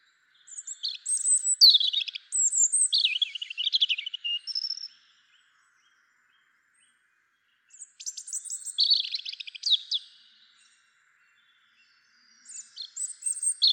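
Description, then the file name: European robin song: thin, high warbled phrases mixing sweet whistles and scratchy notes, the first two phrases lasting several seconds and the third cut off at the end, with silent pauses between three bursts. "Erithacus rubecula"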